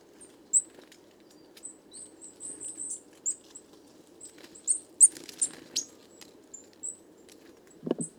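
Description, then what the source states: Coal tit flock calling in thin, very high seeps, scattered irregularly with brief pauses, some faint clicks and a low background hum. Wandering flock of more than 50 Coal tits, evening, 29 September 2019, Les Casses, Drôme, France; recorded in mono with a Wildtronic parabolic reflector, some handling noise.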